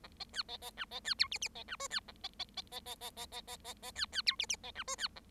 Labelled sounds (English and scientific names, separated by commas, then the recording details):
Bengalese Finch (Lonchura striata domestica) song
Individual Bird7